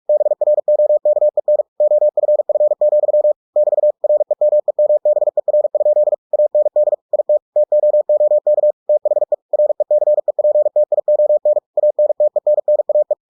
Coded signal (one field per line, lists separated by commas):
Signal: Morse code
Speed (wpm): 46 wpm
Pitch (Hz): 600 Hz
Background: none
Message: BROKEN OFF, <BT> REMEMBER? AND IT TOOK THE RECEPTION ANTENNAE